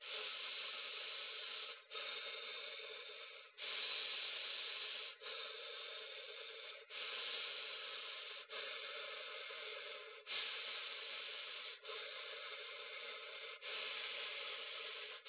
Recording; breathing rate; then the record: paced breathing near a phone; 18 breaths a minute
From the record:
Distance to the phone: 20 cm